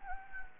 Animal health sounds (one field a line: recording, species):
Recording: mosquito wingbeat signal from an infrared sensor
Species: Anopheles gambiae